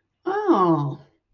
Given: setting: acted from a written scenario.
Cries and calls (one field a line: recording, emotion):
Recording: vocal sound without words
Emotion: realization